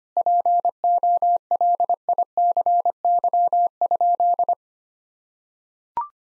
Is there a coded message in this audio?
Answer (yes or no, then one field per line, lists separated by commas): yes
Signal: Morse code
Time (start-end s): 0.2-4.5 s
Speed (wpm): 25 wpm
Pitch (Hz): 700 Hz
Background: none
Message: POLICY?